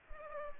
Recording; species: mosquito wingbeat signal from an infrared sensor; Culex pipiens